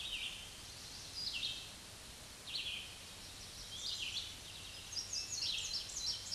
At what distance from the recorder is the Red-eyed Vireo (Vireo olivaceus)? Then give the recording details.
about 30 m. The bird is about 20 m above the microphone. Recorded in a Pennsylvania forest on 16 May 2024 at 06:41. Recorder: AudioMoth, point MSD-0192. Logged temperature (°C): 16.0 °C. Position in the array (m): 165 m, 73 m